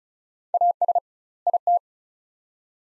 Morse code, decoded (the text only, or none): AS IT